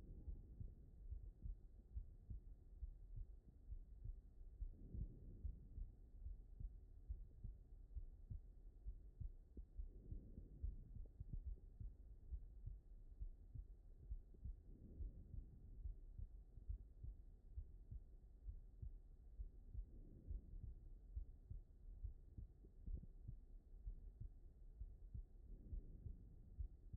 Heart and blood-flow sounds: heart sounds by stethoscope; aortic valve (AV)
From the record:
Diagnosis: non-HFrEF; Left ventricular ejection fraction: 66%

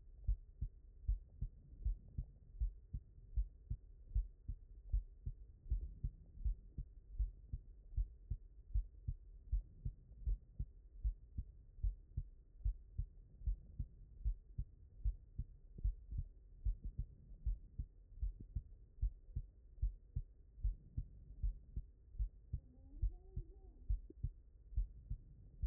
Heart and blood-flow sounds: heart sounds by stethoscope; mitral valve (MV)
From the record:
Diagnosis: non-HFrEF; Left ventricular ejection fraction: 60%

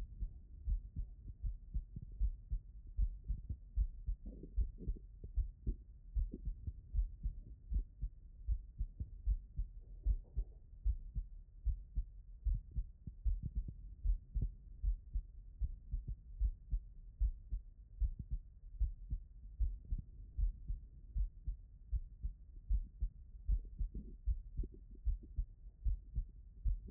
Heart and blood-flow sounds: heart sounds by stethoscope; pulmonary valve (PV)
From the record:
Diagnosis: non-HFrEF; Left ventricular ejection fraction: 58%

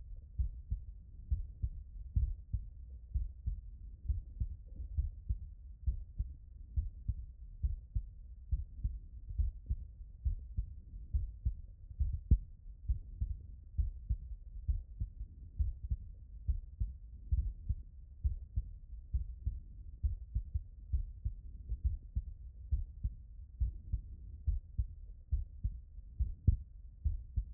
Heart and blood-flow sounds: heart sounds by stethoscope; tricuspid valve (TV)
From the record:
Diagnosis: non-HFrEF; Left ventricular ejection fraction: 65%

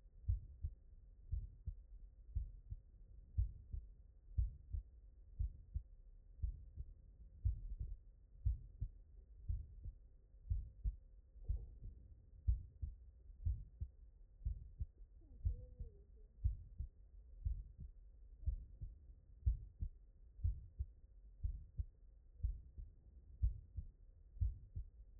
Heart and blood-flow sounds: heart sounds by stethoscope; tricuspid valve (TV)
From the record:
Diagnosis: non-HFrEF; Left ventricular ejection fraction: 69%

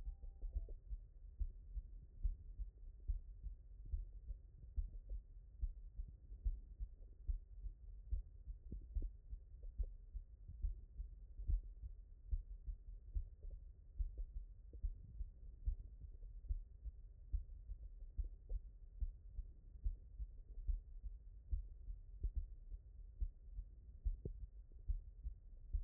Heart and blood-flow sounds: heart sounds by stethoscope; mitral valve (MV)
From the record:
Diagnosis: non-HFrEF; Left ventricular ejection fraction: 60%

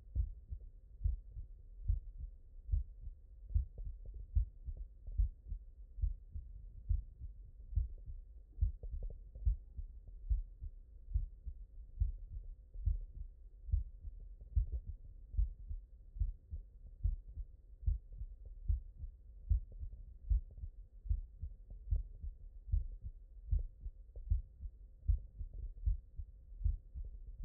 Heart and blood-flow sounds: heart sounds by stethoscope; mitral valve (MV)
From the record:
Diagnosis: non-HFrEF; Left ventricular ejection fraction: 75%

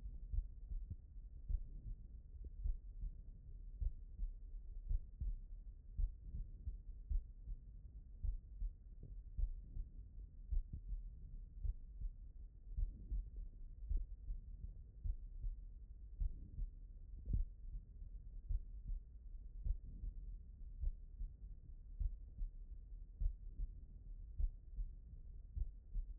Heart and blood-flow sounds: heart sounds by stethoscope; pulmonary valve (PV)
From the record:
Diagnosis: non-HFrEF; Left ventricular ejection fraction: 64%

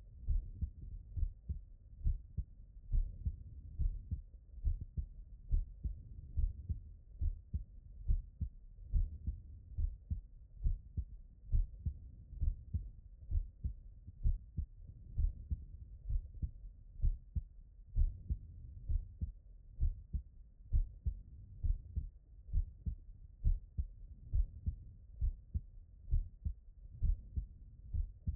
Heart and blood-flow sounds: heart sounds by stethoscope; tricuspid valve (TV)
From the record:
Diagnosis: non-HFrEF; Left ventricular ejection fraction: 65%

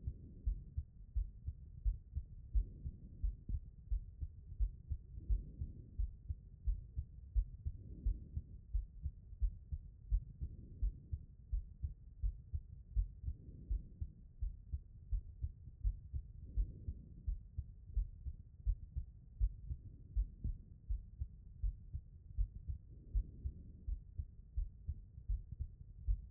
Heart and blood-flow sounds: heart sounds by stethoscope; pulmonary valve (PV)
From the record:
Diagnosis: non-HFrEF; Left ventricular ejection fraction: 69%

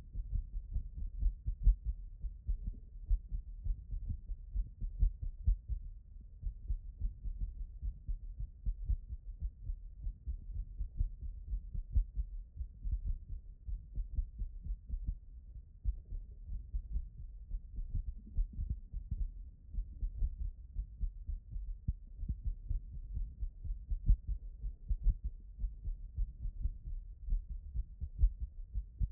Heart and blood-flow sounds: heart sounds by stethoscope; tricuspid valve (TV)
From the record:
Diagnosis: HFrEF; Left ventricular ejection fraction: 23%

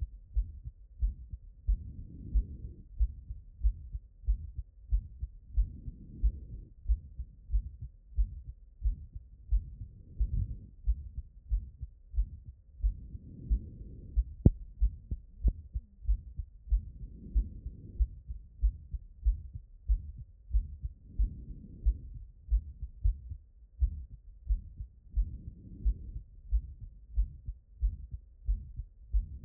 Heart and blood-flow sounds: heart sounds by stethoscope; pulmonary valve (PV)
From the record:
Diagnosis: non-HFrEF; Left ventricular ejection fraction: 72%

